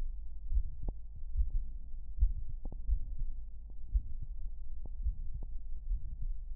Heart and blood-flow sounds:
heart sounds
0.00	0.08	S2
0.08	0.52	diastole
0.52	0.66	S1
0.66	0.86	systole
0.86	0.94	S2
0.94	1.36	diastole
1.36	1.48	S1
1.48	1.66	systole
1.66	1.76	S2
1.76	2.20	diastole
2.20	2.34	S1
2.34	2.50	systole
2.50	2.58	S2
2.58	2.90	diastole
2.90	3.04	S1
3.04	3.22	systole
3.22	3.34	S2
3.34	3.94	diastole
3.94	4.06	S1
4.06	4.30	systole
4.30	4.40	S2
4.40	4.98	diastole
4.98	5.14	S1
5.14	5.34	systole
5.34	5.42	S2
5.42	5.90	diastole
5.90	6.04	S1
6.04	6.27	systole
6.27	6.41	S2
6.41	6.55	diastole
From the record:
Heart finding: mitral regurgitation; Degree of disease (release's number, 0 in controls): 2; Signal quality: good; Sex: female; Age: 66 years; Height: 1.63 m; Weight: 85 kg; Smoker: yes

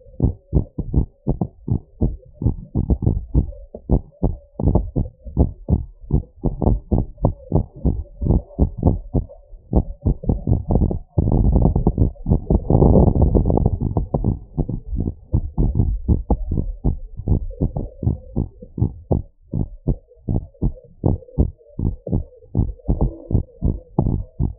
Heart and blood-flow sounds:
heart sounds
0.00	0.24	diastole
0.24	0.34	S1
0.34	0.54	systole
0.54	0.64	S2
0.64	0.94	diastole
0.94	1.06	S1
1.06	1.28	systole
1.28	1.38	S2
1.38	1.70	diastole
1.70	1.80	S1
1.80	2.02	systole
2.02	2.12	S2
2.12	2.44	diastole
2.44	2.54	S1
2.54	2.70	systole
2.70	2.76	S2
2.76	3.06	diastole
3.06	3.20	S1
3.20	3.36	systole
3.36	3.50	S2
3.50	3.90	diastole
3.90	4.02	S1
4.02	4.24	systole
4.24	4.34	S2
4.34	4.66	diastole
4.66	4.82	S1
4.82	4.98	systole
4.98	5.08	S2
5.08	5.38	diastole
5.38	5.50	S1
5.50	5.70	systole
5.70	5.80	S2
5.80	6.12	diastole
6.12	6.24	S1
6.24	6.46	systole
6.46	6.56	S2
6.56	6.92	diastole
6.92	7.06	S1
7.06	7.32	systole
7.32	7.44	S2
7.44	7.86	diastole
7.86	8.04	S1
8.04	8.28	systole
8.28	8.42	S2
8.42	8.84	diastole
8.84	8.98	S1
8.98	9.16	systole
9.16	9.28	S2
9.28	9.70	diastole
9.70	9.84	S1
9.84	10.06	systole
10.06	10.16	S2
10.16	10.48	diastole
10.48	10.60	S1
10.60	10.74	systole
10.74	10.90	S2
10.90	11.24	diastole
11.24	11.36	S1
11.36	11.56	systole
11.56	11.72	S2
11.72	12.00	diastole
12.00	12.12	S1
12.12	12.30	systole
12.30	12.42	S2
12.42	12.80	diastole
12.80	12.98	S1
12.98	13.18	systole
13.18	13.34	S2
13.34	13.60	diastole
13.60	13.70	S1
13.70	13.86	systole
13.86	13.94	S2
13.94	14.22	diastole
14.22	14.36	S1
14.36	14.56	systole
14.56	14.64	S2
14.64	14.94	diastole
14.94	15.08	S1
15.08	15.32	systole
15.32	15.44	S2
15.44	15.78	diastole
15.78	15.96	S1
15.96	16.08	systole
16.08	16.22	S2
16.22	16.52	diastole
16.52	16.66	S1
16.66	16.86	systole
16.86	16.98	S2
16.98	17.30	diastole
17.30	17.42	S1
17.42	17.62	systole
17.62	17.72	S2
17.72	18.06	diastole
18.06	18.18	S1
18.18	18.38	systole
18.38	18.48	S2
18.48	18.82	diastole
18.82	18.92	S1
18.92	19.12	systole
19.12	19.22	S2
19.22	19.56	diastole
19.56	19.68	S1
19.68	19.88	systole
19.88	19.98	S2
19.98	20.30	diastole
20.30	20.42	S1
20.42	20.64	systole
20.64	20.74	S2
20.74	21.06	diastole
21.06	21.18	S1
21.18	21.38	systole
21.38	21.50	S2
21.50	21.84	diastole
21.84	21.94	S1
21.94	22.14	systole
22.14	22.24	S2
22.24	22.58	diastole
22.58	22.70	S1
22.70	22.88	systole
22.88	23.00	S2
23.00	23.34	diastole
23.34	23.44	S1
23.44	23.64	systole
23.64	23.76	S2
23.76	24.04	diastole
24.04	24.18	S1
24.18	24.38	systole
24.38	24.48	S2
24.48	24.59	diastole
From the record:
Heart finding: normal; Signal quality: good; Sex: male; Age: 79 years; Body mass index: 24.3

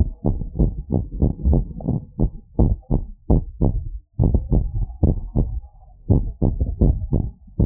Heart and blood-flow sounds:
heart sounds
0.00	0.08	S1
0.08	0.26	systole
0.26	0.32	S2
0.32	0.60	diastole
0.60	0.74	S1
0.74	0.94	systole
0.94	1.06	S2
1.06	1.22	diastole
1.22	1.30	S1
1.30	1.48	systole
1.48	1.57	S2
1.57	1.88	diastole
1.88	1.96	S1
1.96	2.18	systole
2.18	2.27	S2
2.27	2.54	diastole
2.54	2.72	S1
2.72	2.92	systole
2.92	3.02	S2
3.02	3.30	diastole
3.30	3.44	S1
3.44	3.68	systole
3.68	3.84	S2
3.84	4.26	diastole
4.26	4.42	S1
4.42	4.56	systole
4.56	4.68	S2
4.68	5.10	diastole
5.10	5.24	S1
5.24	5.50	systole
5.50	5.64	S2
5.64	6.08	diastole
6.08	6.22	S1
6.22	6.42	systole
6.42	6.52	S2
6.52	6.82	diastole
6.82	6.98	S1
6.98	7.14	systole
7.14	7.26	S2
7.26	7.60	diastole
7.60	7.66	S1
From the record:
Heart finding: abnormal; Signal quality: good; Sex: male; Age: 61 years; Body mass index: 26.4

